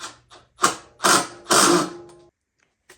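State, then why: Stripped. A screw holding aftermarket FullBore plastic body panels on a Yamaha Banshee ATV is driven with a ratchet tool, giving a series of rasping ratchet bursts around 0.6, 1.0 and 1.5 seconds, the last ringing out until about 2.3 seconds. The screw strips while being fastened, though it is not clear which burst is the slip, so nothing has seated.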